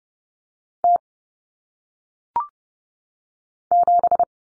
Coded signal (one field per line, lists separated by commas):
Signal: Morse code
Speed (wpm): 30 wpm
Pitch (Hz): 700 Hz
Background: none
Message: T 7